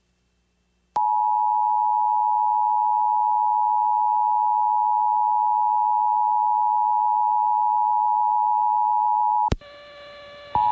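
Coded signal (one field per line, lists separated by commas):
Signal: Emergency Alert System (SAME) tones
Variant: 853 and 960 Hz attention tone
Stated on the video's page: First national-level EAS test, aired live on a Milwaukee FM station.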